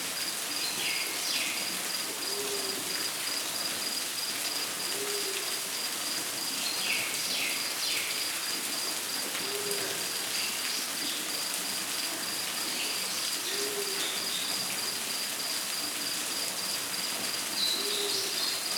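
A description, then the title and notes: Rainforest ambience with a dense, steady hiss of rain or insects filling the air throughout. A low, soft hooting call repeats about every four seconds, like a distant owl, while a constant high insect whine and scattered chirps sit above. Relaxing Rainforest Ambient Sounds.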